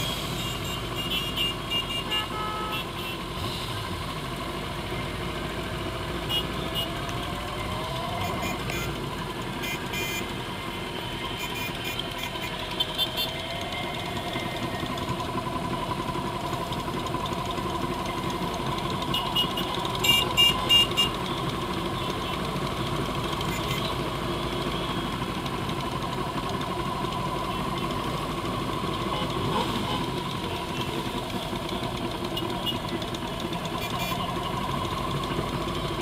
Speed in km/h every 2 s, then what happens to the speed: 6, 6, 6, 10, 8, 6, 10, 10, 10, 10, 10, 11, 10, 10, 8, 8, 10, 11.
0-36 steady at about 10.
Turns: none.